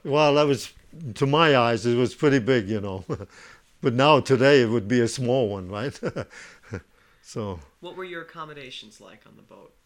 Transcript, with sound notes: Well, that was, to my eyes it was pretty big, you know, but now today it would be a small one, right? ( he laughs )
What were your accommodations like on the boat?